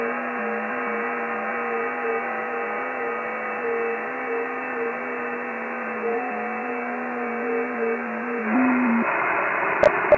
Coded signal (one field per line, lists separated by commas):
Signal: FT8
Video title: QLog (By W2JDB) as a companion program to WSJT-X for the Visually Impaired / Blind HAM.